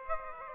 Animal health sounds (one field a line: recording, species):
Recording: mosquito wingbeat signal from an infrared sensor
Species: Aedes aegypti